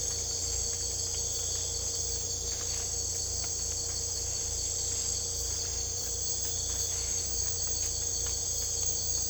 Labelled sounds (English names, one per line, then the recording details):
none
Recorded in secondary vegetation near Puerto Asís, Putumayo, Colombia, on 18 December 2024 at 02:30
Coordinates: 0.488, -76.319
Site GP04